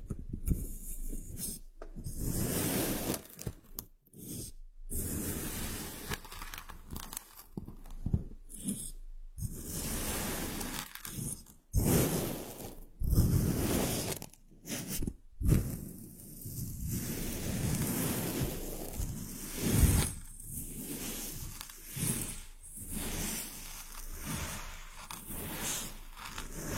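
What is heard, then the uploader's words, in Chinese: Sand rustles and hisses in rough, uneven bursts, each gritty pour broken by short near-silent gaps, some under a second, others longer around 4, 9 and 15 seconds. The texture stays coarse and dense, with a soft low rumble underneath and no other sounds. 动力沙触发，沙沙声。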